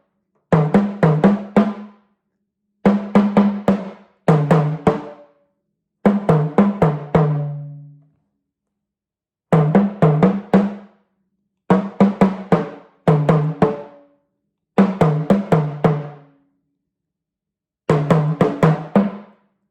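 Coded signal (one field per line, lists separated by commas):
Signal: talking drum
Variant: Yoruba, sakara drum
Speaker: I'm inserting one of my nephew's name in it and it goes like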